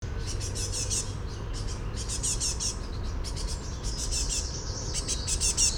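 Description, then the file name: Great tit calls, dense repeated buzzy rattles in near-continuous runs over a heavy low hum. "Parus major"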